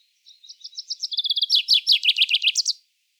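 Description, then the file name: Common chaffinch singing one quick phrase of repeated notes that descends in pitch, ending with an upward flourish. "Fringilla coelebs"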